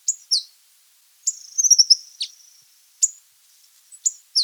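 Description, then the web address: Red-hooded tanager song: thin, very high sibilant notes and short chips, including a sustained buzzy trill, separated by brief silences. Ecuador. "Birds of Ecuador. Red-Hooded Tanager"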